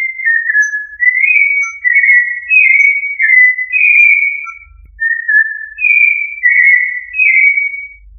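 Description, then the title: Thrush singing a run of pure, flute-like whistled phrases, each bending slightly up or down, with only a faint low rumble beneath. "Familia Turdidae - Sabia"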